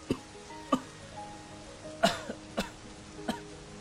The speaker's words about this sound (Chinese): 一句话吼完，冷气就顺着嗓子冲了进来。顾元白捂着胸口咳嗽了几声，把门关上，闷声咳着坐了回去。